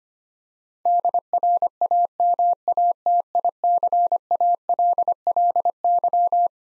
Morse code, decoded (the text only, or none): DRAMATICALLY